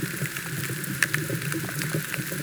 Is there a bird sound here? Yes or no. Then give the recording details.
no. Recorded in pastures near Puerto Asís, Putumayo, Colombia, on 30 June 2025 at 15:30. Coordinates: 0.486, -76.323. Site H29